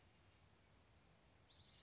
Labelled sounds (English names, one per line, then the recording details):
Chestnut-backed Chickadee
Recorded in Sonoma County, California